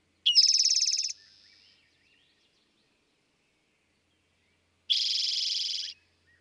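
Eastern towhee repeating its fast, buzzy trilled song twice, about four and a half seconds apart, with silence between.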